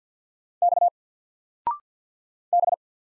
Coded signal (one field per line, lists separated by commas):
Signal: Morse code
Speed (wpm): 50 wpm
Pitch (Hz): 700 Hz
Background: none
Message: X B